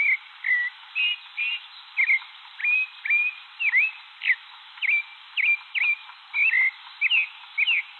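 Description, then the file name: Thrush delivering a steady series of varied whistled phrases, slurred notes repeated in quick succession throughout. "canto do sabia de cabeca cinza"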